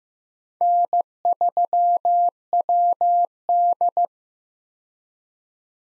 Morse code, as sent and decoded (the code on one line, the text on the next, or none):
-. ...-- .-- -..
N3WD